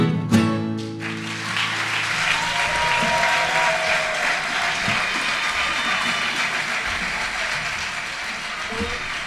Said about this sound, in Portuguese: Isto realmente hoje está aqui um manancial de palmas, uma coisa. É o programa com mais palmas da rádio portuguesa.